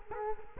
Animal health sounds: mosquito wingbeat signal from an infrared sensor; Culex quinquefasciatus

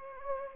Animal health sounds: mosquito wingbeat signal from an infrared sensor; Anopheles gambiae

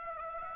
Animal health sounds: mosquito wingbeat signal from an infrared sensor; Aedes aegypti

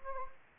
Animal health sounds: mosquito wingbeat signal from an infrared sensor; Anopheles gambiae

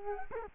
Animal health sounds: mosquito wingbeat signal from an infrared sensor; Culex quinquefasciatus

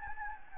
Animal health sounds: mosquito wingbeat signal from an infrared sensor; Anopheles gambiae

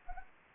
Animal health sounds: mosquito wingbeat signal from an infrared sensor; Anopheles gambiae

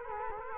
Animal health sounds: mosquito wingbeat signal from an infrared sensor; Culex quinquefasciatus

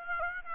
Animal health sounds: mosquito wingbeat signal from an infrared sensor; Aedes aegypti

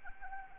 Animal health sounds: mosquito wingbeat signal from an infrared sensor; Anopheles arabiensis

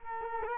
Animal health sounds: mosquito wingbeat signal from an infrared sensor; Culex quinquefasciatus

